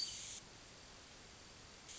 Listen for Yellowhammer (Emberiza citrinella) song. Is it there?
no